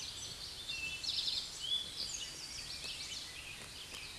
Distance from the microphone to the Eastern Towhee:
about 25 m